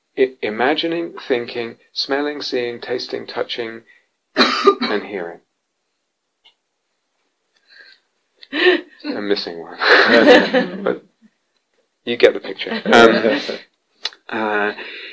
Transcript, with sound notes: imagining, thinking, smelling, seeing, tasting, touching, and hearing. I'm missing one. [laughter] But you get the picture.